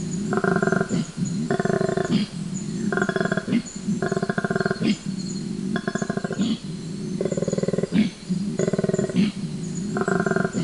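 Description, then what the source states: Koala bellow: pulsed groans alternating with short rough inhalations, the cycle repeating many times through the sequence. Recorded at night by a forest acoustic recorder in 12-hour recordings scanned by computer; distinctive loud low-frequency call of grunts and snort-like inhalations, said to sound like a lion roaring.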